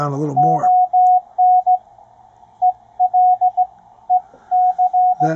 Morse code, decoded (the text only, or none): ON ELEC